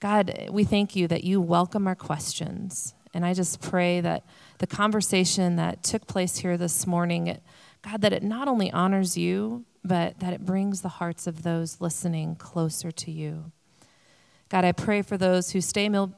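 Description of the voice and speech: A woman speaks a prayer fluently in a clear, steady voice with natural pauses; ordinary adult speech.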